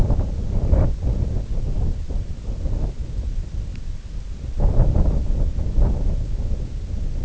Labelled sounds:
none
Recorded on Arctic tundra, site IGLO-D, on 20 June 2018
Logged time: 16:00

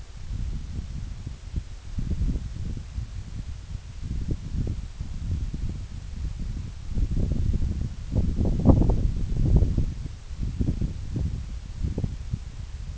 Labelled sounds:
none
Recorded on Arctic tundra, site NAIT-1, on 26 June 2019
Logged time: 12:00

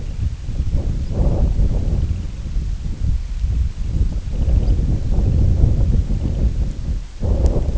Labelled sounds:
Semipalmated Sandpiper (Calidris pusilla), Red Phalarope (Phalaropus fulicarius)
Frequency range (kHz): Semipalmated Sandpiper (Calidris pusilla) 2.0-3.5 kHz; Red Phalarope (Phalaropus fulicarius) 4.1-5.3 kHz
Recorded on Arctic tundra, site IGLO-D, on 19 June 2018
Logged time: 14:00

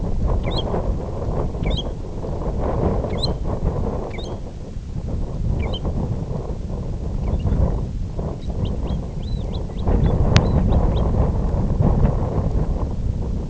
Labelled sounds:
American Golden-plover (Pluvialis dominica)
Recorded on Arctic tundra, site IGLO-F, on 19 June 2018
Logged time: 00:00

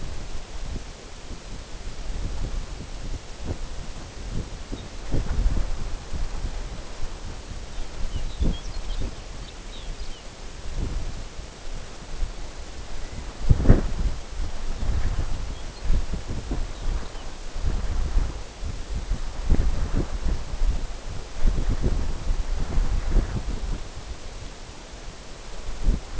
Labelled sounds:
Lapland Longspur (Calcarius lapponicus), unidentified sound
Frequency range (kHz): Lapland Longspur (Calcarius lapponicus) 2.5-6.4 kHz
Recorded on Arctic tundra, site NAIT-1, on 19 June 2018
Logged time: 21:00

